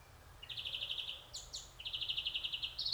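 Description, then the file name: European greenfinch giving bright trills, rapid pulsed notes in runs of up to about a second, with brief higher chips between and a higher run at the end. "Chloris chloris"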